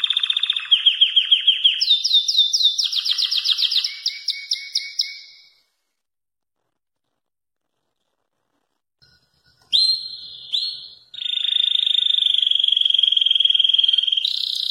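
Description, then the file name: German crested canary song in two bursts: bright rapid trills rising in pitch, several seconds of silence, then a high sustained rolling trill. "canto do canario topete alemao"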